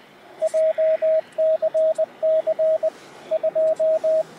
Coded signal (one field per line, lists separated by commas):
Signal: Morse code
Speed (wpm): 19 wpm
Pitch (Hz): 640 Hz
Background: radio noise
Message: JCC 2